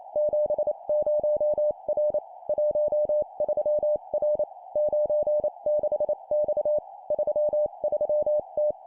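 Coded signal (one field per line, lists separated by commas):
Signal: Morse code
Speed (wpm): 28 wpm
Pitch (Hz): 600 Hz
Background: none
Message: 70R 13R 96X 33T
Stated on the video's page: Morse code copy-speed practice at 25 wpm of three-character groups: number, number, letter.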